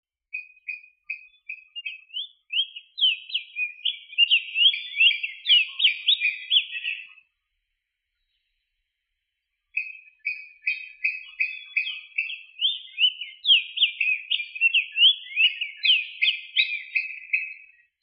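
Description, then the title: Bird song: two long bouts of quick warbled and twittering notes, rising and falling, separated by a silent pause of about two and a half seconds. "LuckyPassaros CompletosSama"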